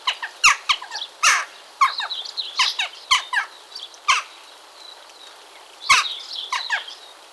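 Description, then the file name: Western jackdaw chatter: a rapid run of short, harsh squawky calls, bunched in bursts with a brief quieter pause before the calling resumes. "choucasdestours"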